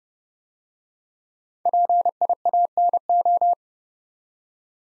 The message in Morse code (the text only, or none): PIANO